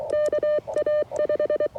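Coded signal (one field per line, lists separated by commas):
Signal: Morse code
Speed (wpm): 23 wpm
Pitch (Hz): 600 Hz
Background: none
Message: KA5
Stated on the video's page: QRP CW Parks on the Air activation with a vintage Elecraft K2 and a 40-10 metre end-fed half-wave antenna.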